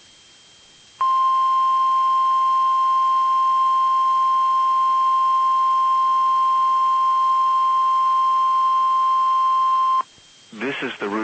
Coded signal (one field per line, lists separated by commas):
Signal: Emergency Alert System (SAME) tones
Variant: 1050 Hz attention tone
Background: speech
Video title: EAS: Required Weekly Test